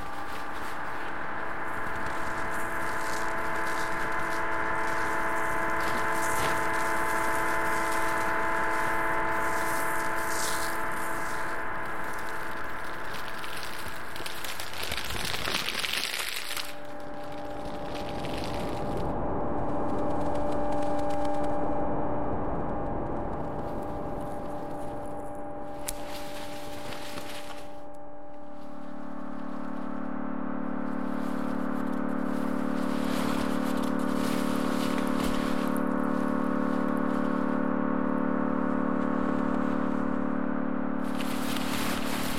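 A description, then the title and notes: Generative ambient piece of sustained microtonal synth chords shifting around 16 and 28 seconds, over a steady grainy hiss of crumpled textures. Generative ambient composition made of normally distributed sounds including recorded samples (paper, snow, salt) and synthesized microtonal chords.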